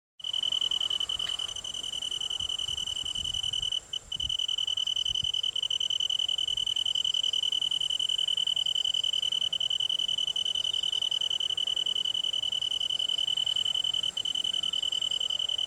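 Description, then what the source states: Japanese tree cricket song: an unbroken, steady, ringing trill at one even pitch, with a few brief dips near four seconds and faint low rustles. Recorded on 3 September 2017.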